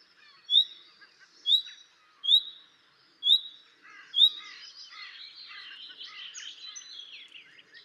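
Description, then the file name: Common nightingale: five sharp, rising whistled notes about a second apart, followed by softer jumbled twittering and chattering. "Luscinia megarhynchos"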